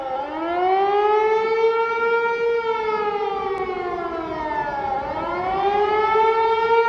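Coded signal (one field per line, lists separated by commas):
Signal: siren signal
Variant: Iraqi air raid alarm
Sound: steady electronic siren wail with rich harmonics, slowly dipping in pitch then rising again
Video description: Signal: Rising and falling tone Duration: 1 min. Meaning: Acute danger from air attacks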